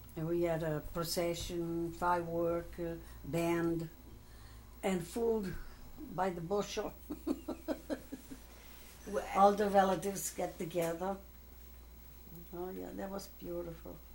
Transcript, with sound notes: and we had a procession, firework, band, and food by the bushel. (laughs) All the relatives get together, oh yeah that was beautiful.